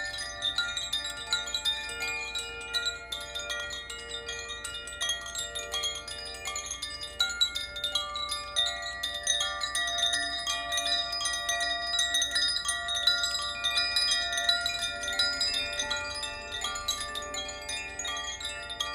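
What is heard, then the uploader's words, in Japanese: Tuned chimes ring continuously, struck gently and often so that bright, clear tones overlap and sustain into a shimmering wash. The level stays fairly even throughout with slight swells, and a quiet low hum sits underneath. 浄化をすることに適切なチャイムを奏でました。ザフィアチャイム。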